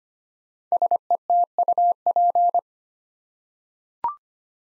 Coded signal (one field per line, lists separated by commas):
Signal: Morse code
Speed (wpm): 25 wpm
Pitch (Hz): 700 Hz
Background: none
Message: SETUP